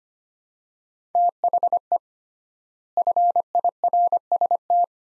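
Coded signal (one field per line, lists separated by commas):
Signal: Morse code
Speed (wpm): 25 wpm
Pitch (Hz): 700 Hz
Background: none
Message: THE FIRST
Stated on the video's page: Morse practice drill of two-word phrases at 25 wpm with 3x word spacing, a Farnsworth-like method; each set sent in Morse, spoken, then sent again.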